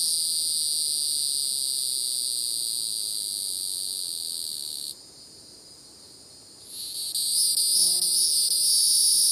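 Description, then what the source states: Hieroglyphic cicada song, a steady high buzzing drone that breaks off midway, pauses briefly, then resumes with a scratchier pulsed buzz. North American insect.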